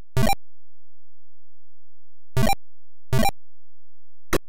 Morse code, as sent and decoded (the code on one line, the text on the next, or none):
none